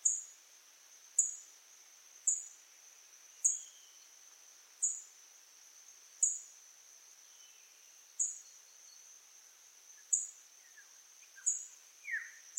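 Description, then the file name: Flowerpecker giving sharp, very high ticking notes, each falling slightly, repeated about every one to two seconds, with faint scattered chirps behind. Lombok. "suara burung cabai lombok"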